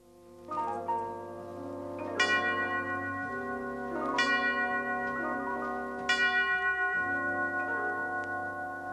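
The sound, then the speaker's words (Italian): The bell in the bell tower of Notre Dame tolls three times at steady two-second intervals, each deep, resonant stroke ringing out over a sustained, droning musical backdrop. “Battevano tre rintocchi al campanile di Notre Dame”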